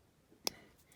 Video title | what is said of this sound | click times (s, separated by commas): Matchbox K6 Mercedes Benz “Binz” Ambulance #DieCast #Restoration | and I think you may have heard it click into place here | 0.5 s